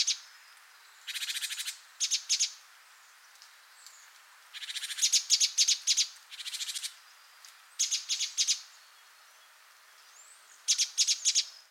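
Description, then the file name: Great tit scolding calls: harsh buzzy churring bursts alternating with quick clusters of sharp ticking notes, repeated in rapid bouts with short pauses, faint thin whistles between. "Parus major"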